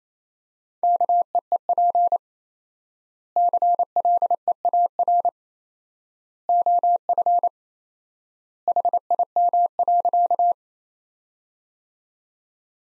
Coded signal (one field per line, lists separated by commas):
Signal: Morse code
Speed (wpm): 28 wpm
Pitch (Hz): 700 Hz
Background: none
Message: KEEP CLEAR OF HIM.